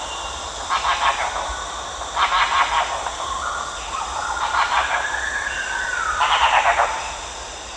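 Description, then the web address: Red-bearded bee-eater calls: four rough, rattling bursts of rapid guttural notes, with a long, smooth whistled tone between them and a constant background hiss. Recorded at Danum on 1 March 2008. "DANUM 20080301. red-bearded bee-eater"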